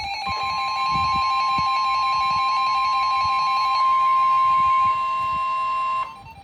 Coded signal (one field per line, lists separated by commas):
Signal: Emergency Alert System (SAME) tones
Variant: 1050 Hz attention tone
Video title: New Apartment + 12-250 Glitch | EAS Alerts from 3/23/25